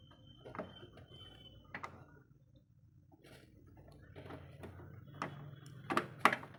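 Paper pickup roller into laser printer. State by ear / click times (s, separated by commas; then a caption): seated / 6.3 s. A plastic paper pickup roller assembly is fitted into an HP LaserJet 1136 laser printer, with soft handling and positioning noises and a few small knocks, including one near 1.7 s. It snaps home with a sharp click at 6.3 s, locking into place and fully seated.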